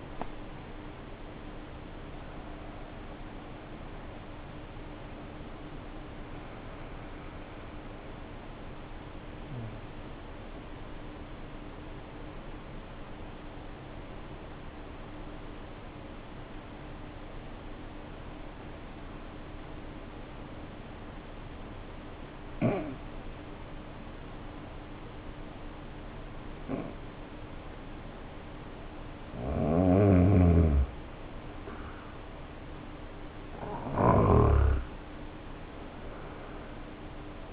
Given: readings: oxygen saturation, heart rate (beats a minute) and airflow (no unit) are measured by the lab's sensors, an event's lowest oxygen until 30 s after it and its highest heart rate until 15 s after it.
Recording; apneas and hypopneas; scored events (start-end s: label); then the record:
breathing in sleep by a voice recorder at the bedside; 1
8.00-31.60 s: hypopnea (N1, oxygen 96% highest, then 85% lowest, heart rate 58 at the start, 64 highest)
From the record:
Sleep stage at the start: N1 (lightest sleep); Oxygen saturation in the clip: 75 to 96%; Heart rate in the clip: 54 to 73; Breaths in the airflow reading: 5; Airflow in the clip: -7.1 to 8.7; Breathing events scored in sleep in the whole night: 520 in 7.2 hours asleep